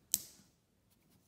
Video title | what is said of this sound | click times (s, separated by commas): Lamy Scala Fountain Pen - Upscale Design, Same Great Nib | you can and then again the click action is really | 0.1 s